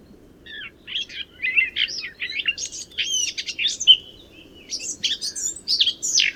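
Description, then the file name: Eurasian blackcap song: a rambling warble of mixed chirps and short whistles, moderately loud, with a soft low hiss underneath throughout. "Sylvia atricapilla"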